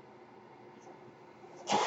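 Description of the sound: A quiet, steady mechanical hum runs through most of the sound, then ends in a sudden loud rush of air. This is the running noise of a home mechanical ventilator, with the final whoosh a delivered breath.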